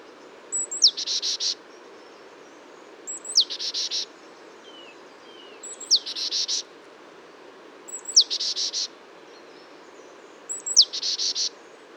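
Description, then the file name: Great tit repeating a high falling note followed by rapid buzzy rasps, five times at regular intervals of about two and a half seconds, with steady background hiss. "Parus major"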